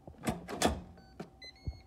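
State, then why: Seated. A pressure cooker lid is pushed down onto the cooker base with broad clattering handling noise around 0.3 and 0.65 s. A sharp click at 1.2 s is heard as the lid locks into place, followed by steady high tones and a final thump. The lid is seated.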